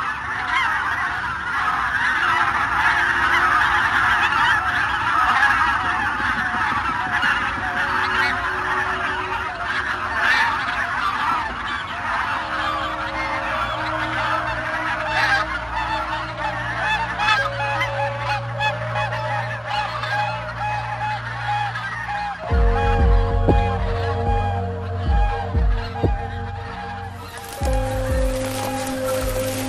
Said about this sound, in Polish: takiego stada gęsi i wejścia po prostu w głąb, w szczegół, w detal, nie po prostu w sam dźwięk, w to, że możemy nazwać jakiś gatunek, ale wejście w ten pejzaż dźwiękowy, w ten moment, że tych ptaków jest na przykład kilkaset i jest się obok nich.